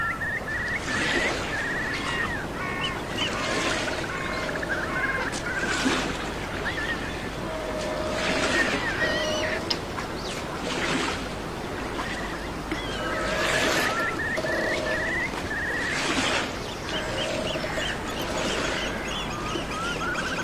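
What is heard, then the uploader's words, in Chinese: A real outdoor nature ambience: a steady, dense wash of noise fills the whole recording. Bird calls, possibly ducks or geese, chatter over it in bright bursts roughly every two to three seconds, with a low rumble underneath throughout. 渔舟唱晚 极度放松的山水氛围。真实录制的大自然白噪音氛围。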